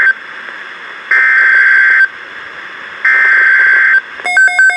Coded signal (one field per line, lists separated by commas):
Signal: Emergency Alert System (SAME) tones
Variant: header bursts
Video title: Tornado Watch #279 (Expansion) (EAS #1537)